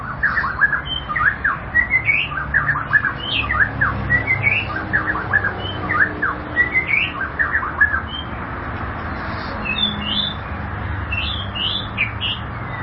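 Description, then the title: White-rumped shama song: long sequence of fast, sharply falling whistled notes in quick groups, later turning into sparser, varied phrases, with low hum beneath. "Kicau Murai Batu"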